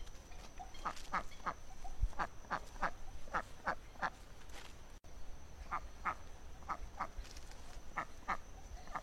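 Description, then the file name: Duck calling in rapid nasal quacks, pairs and short runs of notes throughout, a brief gap midway, with low rumble and a steady high tone. "canto do pato selvagem"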